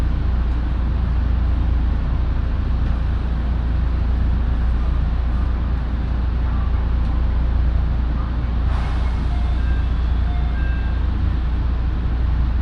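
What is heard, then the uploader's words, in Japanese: A local train rumbles steadily with a deep, constant roar, a brief bright hiss at about nine seconds, and faint squeals afterward. 耳で楽しむ鉄道旅 身延線普通 身延→市川大門。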